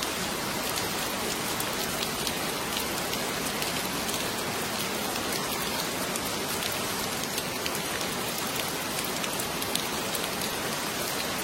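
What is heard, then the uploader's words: Heavy rain pours steadily and densely, a constant hiss with countless sharp drops pattering on a surface throughout, unchanging in strength. Heavy Rain.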